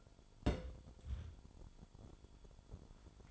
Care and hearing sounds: daily activity, microphone in the room; place on stove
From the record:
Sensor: 5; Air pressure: 1008.1 hPa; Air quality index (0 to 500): 116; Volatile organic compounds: 1 ppm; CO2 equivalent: 900 ppm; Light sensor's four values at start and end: 28/61/26/26 and 28/62/26/26

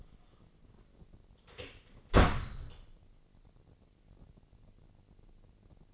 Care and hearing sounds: daily activity, microphone in the room; close door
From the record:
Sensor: 4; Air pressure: 1013.2 hPa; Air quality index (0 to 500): 174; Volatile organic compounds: 2 ppm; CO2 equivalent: 1098 ppm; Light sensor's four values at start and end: 96/240/100/107 and 74/180/76/77

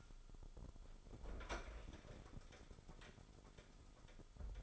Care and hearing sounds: daily activity, microphone in the room; open fridge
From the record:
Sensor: 5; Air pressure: 988.5 hPa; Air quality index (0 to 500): 219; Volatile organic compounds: 123 ppm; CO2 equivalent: 3892 ppm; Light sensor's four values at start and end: 43/131/51/54 and 43/129/51/54

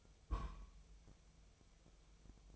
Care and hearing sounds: daily activity, microphone in the room; place on stove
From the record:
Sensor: 1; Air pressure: 999.3 hPa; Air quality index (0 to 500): 200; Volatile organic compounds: 41 ppm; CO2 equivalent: 3165 ppm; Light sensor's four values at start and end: 9/22/8/9 and 9/22/8/9

